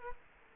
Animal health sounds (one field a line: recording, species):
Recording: mosquito wingbeat signal from an infrared sensor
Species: Culex quinquefasciatus